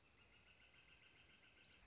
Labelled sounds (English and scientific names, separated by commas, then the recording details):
Northern Flicker (Colaptes auratus)
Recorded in Sonoma County, California